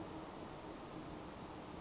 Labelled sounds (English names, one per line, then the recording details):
Western Flycatcher
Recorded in Sonoma County, California